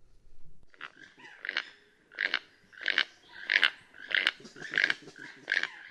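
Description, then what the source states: Keel-billed toucans giving harsh, frog-like croaking notes, each a rasping burst, repeated steadily about every two-thirds of a second. Two birds calling back and forth to one another in Guatemalan rainforest.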